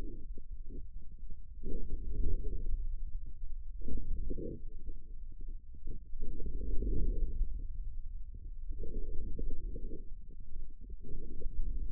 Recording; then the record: forearm muscle sounds (acoustic myography)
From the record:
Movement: inward rotation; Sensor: system 2, bracelet of six BSWA MPA416 microphones around the upper forearm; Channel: 2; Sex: male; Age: 22 years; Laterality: right